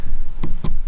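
A cracked plastic propeller on an Autel EVO 2 Pro drone is pressed, turned and pulled off its motor mount. Two short, sharp plastic clicks sound at 0.4 s and 0.7 s over a low steady hum as the lock snaps open. The propeller is released and comes off easily.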